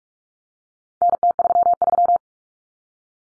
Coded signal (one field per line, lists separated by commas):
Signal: Morse code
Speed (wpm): 44 wpm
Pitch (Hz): 700 Hz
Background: none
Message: NT33